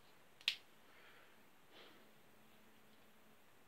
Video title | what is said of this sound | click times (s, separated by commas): Top Multitool !! | es hat klick gemacht | 0.5 s